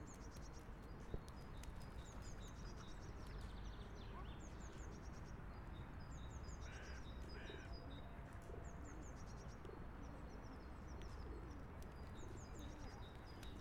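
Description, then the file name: Small birds give high chirping calls in short repeated series over a steady low roar of background noise. Recorded in a park in Vienna. "Vienna Park with Bird Calls"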